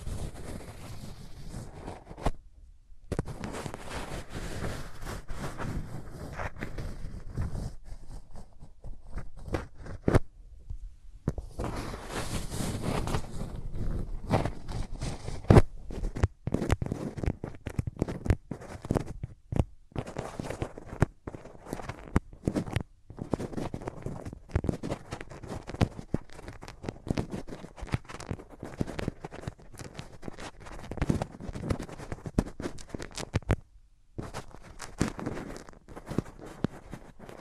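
Hands rub over ears in a close-up, producing a dense, crackling rustle that runs almost continuously with choppy, uneven strokes. The scratchy friction spans low thuds to bright hiss, broken by brief silences near 3, 11, 20 and 34 seconds. No voice is heard.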